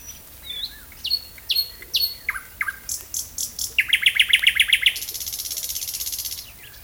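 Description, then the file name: Thrush nightingale song: a few clear whistles, then loud fast clicking rattles and a dry buzzing trill. Recorded at Hemmerder Wiesen on 18 May 2017. "Sprosser-Hemmerder-Wiesen-18 05 17"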